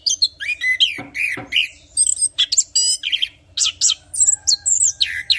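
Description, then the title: Orange-headed thrush singing a fast medley of sharp whistles, buzzy notes and trilled phrases, varied and nearly unbroken. Described as in full, vigorous song (Indonesian 'gacor ngeplong' style). "Anis Kembang Gacor Ngeplong Istimewa Suara Burung"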